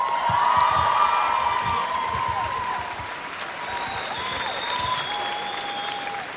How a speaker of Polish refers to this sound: Drodzy państwo, dzisiaj w Gdyni, tu na skwerze Kościuszki, padł rekord frekwencji. W ciągu całego dnia ponad 100 tysięcy osób wzięło udział w tym niezwykłym wydarzeniu. Wielkie brawa dla państwa.